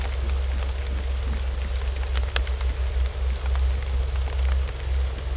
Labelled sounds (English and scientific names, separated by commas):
none